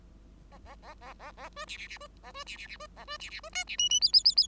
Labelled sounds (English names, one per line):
Bengalese Finch song